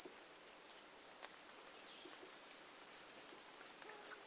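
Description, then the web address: Golden lion tamarin calls: drawn-out, very high whistles, ending in quick falling chirps. South American rainforest primate. "Natures Songs S America Primates of the Rainforest Golden lion tamarin"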